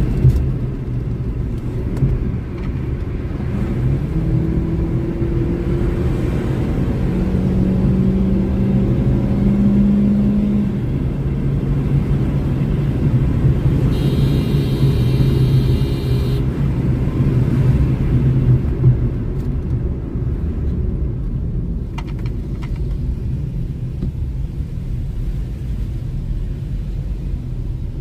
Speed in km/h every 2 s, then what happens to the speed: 74, 80, 89, 97, 103, 108, 111, 104, 99, 53, 34, 26, 28, 24.
0-12 speeds up to 111. 12-28 brakes to 24.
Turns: none.